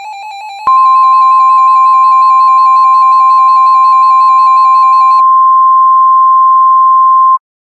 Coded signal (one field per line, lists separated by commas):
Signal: Emergency Alert System (SAME) tones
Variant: 1050 Hz attention tone